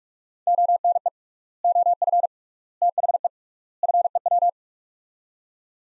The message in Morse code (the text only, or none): ONE OF THE FEW